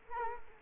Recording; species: mosquito wingbeat signal from an infrared sensor; Culex quinquefasciatus